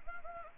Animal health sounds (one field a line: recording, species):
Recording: mosquito wingbeat signal from an infrared sensor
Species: Anopheles gambiae